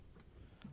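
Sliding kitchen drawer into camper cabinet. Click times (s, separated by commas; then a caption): 0.2 s, 0.6 s. The stay-lock on a wooden kitchen drawer in a Suzuki Jimny micro stealth camper is flicked down to release it; the lock otherwise stops the drawer from shutting during cooking. The drawer is then pushed shut into its camper cabinet, with two short hits at 0.2 s and 0.6 s as it closes. The drawer ends up shut and seated.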